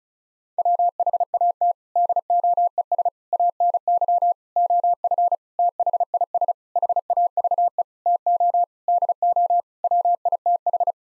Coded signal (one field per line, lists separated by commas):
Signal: Morse code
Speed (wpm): 34 wpm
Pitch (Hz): 700 Hz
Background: none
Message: WHAT DOES ANY OF THIS HAVE TO DO WITH